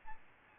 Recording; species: mosquito wingbeat signal from an infrared sensor; Aedes albopictus